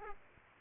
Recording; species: mosquito wingbeat signal from an infrared sensor; Aedes aegypti